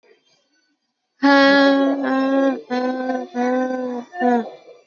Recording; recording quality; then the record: sustained vowel as in made; excellent, no background noise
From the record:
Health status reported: exposed to COVID-19, no respiratory illness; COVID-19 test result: negative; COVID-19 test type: RT-PCR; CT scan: not taken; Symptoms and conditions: cough, cold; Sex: female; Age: 35 years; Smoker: no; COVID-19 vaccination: both doses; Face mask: worn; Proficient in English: yes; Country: India